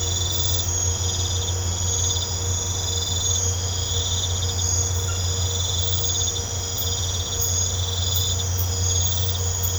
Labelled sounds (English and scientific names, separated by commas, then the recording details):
none
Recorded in pastures near Puerto Asís, Putumayo, Colombia, on 21 December 2024 at 23:00
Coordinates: 0.502, -76.324
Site G077